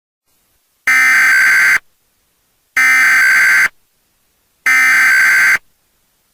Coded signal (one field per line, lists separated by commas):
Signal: Emergency Alert System (SAME) tones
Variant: header bursts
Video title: EAS AMBER ALERT #11